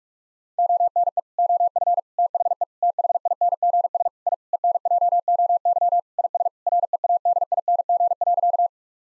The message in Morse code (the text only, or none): ONE OF THE THINGS I ENJOY IS READING.